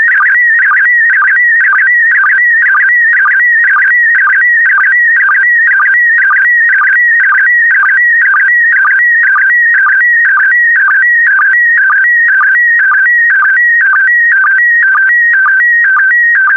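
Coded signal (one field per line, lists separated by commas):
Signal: SSTV (slow-scan television)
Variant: PD120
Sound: warbling tone shifting between pitches, with a short low chirp about twice per second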